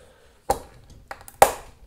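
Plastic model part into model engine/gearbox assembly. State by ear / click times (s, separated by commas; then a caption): partly seated / 1.4 s. A small plastic part of a Mazda Cosmo Sport model kit from ModelSpace (DeAgostini) is pressed into the model's engine/gearbox assembly. A sharp crack is heard at 0.5 s, lighter ticks follow around 1.1 and 1.3 s, and a loud crack comes at 1.4 s. The part cracks but is only partly seated and not properly in yet.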